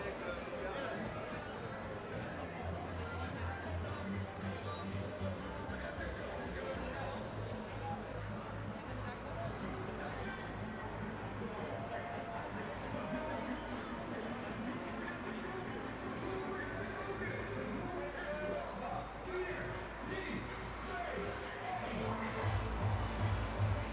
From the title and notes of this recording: Traditional goose riding ceremony, Belgium. It is mainly goose riding on horseback that is concerned. Recorded by Tony van Dorst.